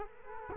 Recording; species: mosquito wingbeat signal from an infrared sensor; Culex quinquefasciatus